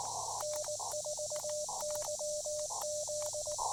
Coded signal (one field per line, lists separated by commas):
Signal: Morse code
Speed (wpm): 19 wpm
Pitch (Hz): 590 Hz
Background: none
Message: N4YZ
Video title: Activation de POTA en français! (Yes, a POTA activation in French. I'll explain...)